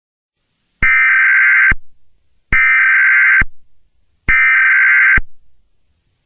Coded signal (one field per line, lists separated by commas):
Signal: Emergency Alert System (SAME) tones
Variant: header bursts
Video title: EAS Scenario 9|| Demons And Monsters